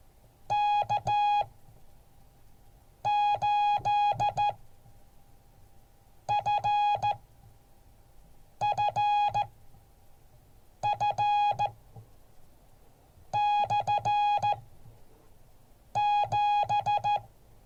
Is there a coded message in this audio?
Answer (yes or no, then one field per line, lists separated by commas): yes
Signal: Morse code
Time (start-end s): 0.5-17.2 s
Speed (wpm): 14 wpm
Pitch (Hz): 830 Hz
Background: none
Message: K8FFF/7